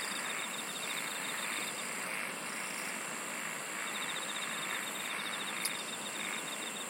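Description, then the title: Several insects sing at once, giving a constant high whine broken by short runs of quick pulsed trills at the start and in the second half. "SINGING OF INSECTS"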